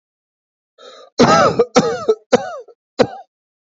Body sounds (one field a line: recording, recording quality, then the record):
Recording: shallow voluntary cough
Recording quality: excellent, no background noise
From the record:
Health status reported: healthy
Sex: male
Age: 32 years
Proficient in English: yes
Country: India